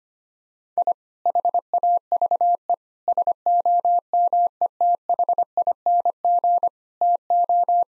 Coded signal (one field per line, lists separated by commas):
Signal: Morse code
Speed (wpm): 25 wpm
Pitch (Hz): 700 Hz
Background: none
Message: I HAVE SOMETHING TO